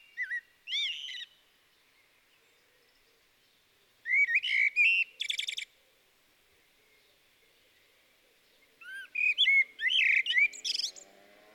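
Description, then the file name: Common blackbird song, three warbled phrases of low fluting notes, each ending in a shrill high twitter, separated by quiet gaps of a few seconds. "Turdus merula"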